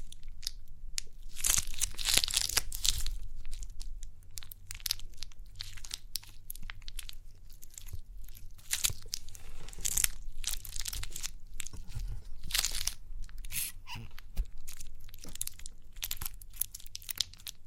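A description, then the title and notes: Crinkly pimple popping: a dense run of sharp crackles, crunches and tearing rustles that keeps going without pause for the whole stretch. Brighter bursts of crinkling flare up around 2, 10 and 12–13 seconds over a low, steady hum underneath. Crinkly Pimple Popping.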